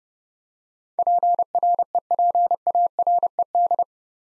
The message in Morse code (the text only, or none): PREPARED